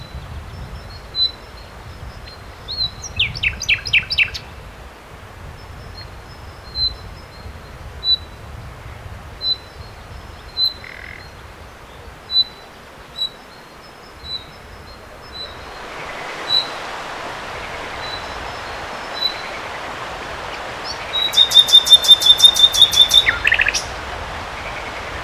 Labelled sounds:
Common Nightingale
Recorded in the wild
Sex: male
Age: adult
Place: Turgut, TR
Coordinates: 36.6667, 28.0833
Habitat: flood plain
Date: 1993-04-30 12:30
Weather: fair, ca. 25°C
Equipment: Aiwa HD-S1, Sennheiser MKH 70
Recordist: Frommolt, Karl-Heinz

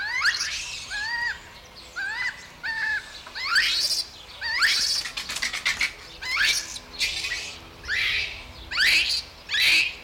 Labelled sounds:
Japanese Macaque
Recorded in captivity
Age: juvenile
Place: Zoo Berlin, Berlin, DE
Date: 1994-01-15 10:35
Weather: wechselnd wolkig, +5 °C
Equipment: Marantz CP 430, Sennheiser MKH 416 T, Kopie Uher Variocord 263
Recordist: Tembrock, Günter
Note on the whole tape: Halbwüchsiges Jungtier, Laute gegen andere gerichtet

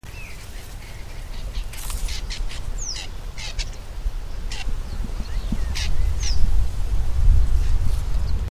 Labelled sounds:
European Starling call
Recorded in the wild
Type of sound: call
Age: adult
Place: Hobrechtsfelder Rieselfelder, Naturpark Barnim, Berlin, DE
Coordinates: 52.6681, 13.4714
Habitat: lake
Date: 2012-04-25 20:10
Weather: 10°C, sunny, weak winds
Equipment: Sound Devices 702, Sennheiser MKH 415 T, Rhode Windschutz
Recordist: Frommolt, Karl-Heinz
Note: Rieselbecken in Hobrechtsfelder Rieselfeldern

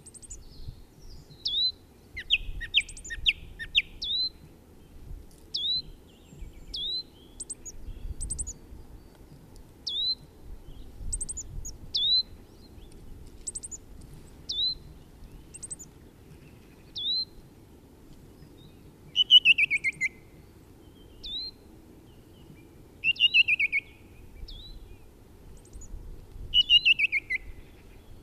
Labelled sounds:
Song Thrush song
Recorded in the wild
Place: DE
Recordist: Tretzel, Erwin

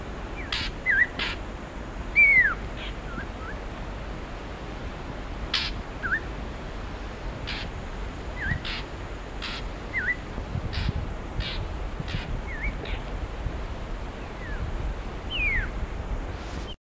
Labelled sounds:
Fork-tailed Drongo call
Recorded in the wild
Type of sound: call
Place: Farm M. Bela
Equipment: Halbspur, 9,5 cm/s
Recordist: Lütgens, Hans
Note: Rufe, abends

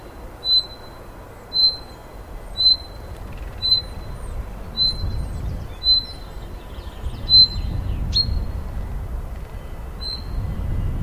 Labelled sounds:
Common Chaffinch call
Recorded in the wild
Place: Brand, Alpen, Vorarlberg, AT
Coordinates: 47.0839, 9.70417
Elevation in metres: 1604
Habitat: coniferous forest
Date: 2010-07-20 12:16
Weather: sunny, 20°C, weak winds
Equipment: Sound Devices 702, Sennheiser MKH 70, Rycote Windschutz
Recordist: Frommolt, Karl-Heinz

